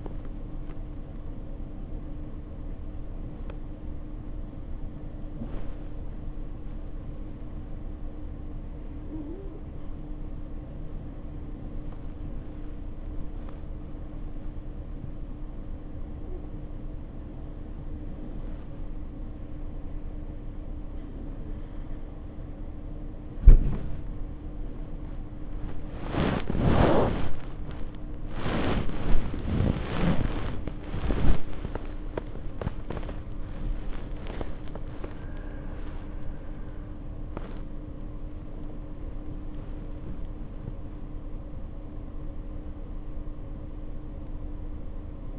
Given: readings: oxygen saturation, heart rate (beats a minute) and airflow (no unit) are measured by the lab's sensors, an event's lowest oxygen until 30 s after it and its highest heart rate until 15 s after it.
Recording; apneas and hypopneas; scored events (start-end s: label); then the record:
a person awake in a sleep study, by a smartphone at the bedside; 1
4.00-28.30 s: hypopnea (N1, oxygen 97% highest, then 94% lowest, heart rate 79 at the start, 83 highest)
20.00-45.39 s: new sleep stage, awake
22.00-45.39 s: awake
From the record:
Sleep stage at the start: N1 (lightest sleep); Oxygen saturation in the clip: 94 to 97%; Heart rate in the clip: 58 to 83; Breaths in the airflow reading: 7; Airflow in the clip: -7.6 to 8.9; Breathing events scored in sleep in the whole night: 520 in 7.2 hours asleep